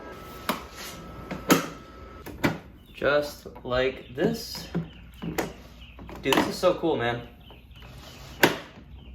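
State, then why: Seated. A rechargeable power tool battery pack is pushed into the battery bay of a cordless electric lawn mower while someone talks. It seats with a sharp plastic click at 8.4 s.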